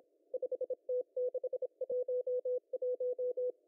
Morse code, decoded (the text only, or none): 5T611